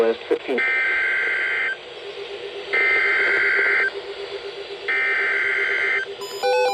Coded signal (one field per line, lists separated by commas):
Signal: Emergency Alert System (SAME) tones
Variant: header bursts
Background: speech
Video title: EAS #3223-3231 Severe Thunderstorm Warning